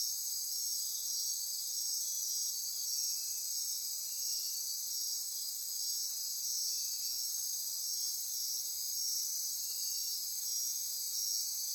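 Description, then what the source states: Insect chorus: a constant high-pitched ringing wash of overlapping trills, steady and unbroken from start to end. Insect chorus recorded at midnight near Corcovado.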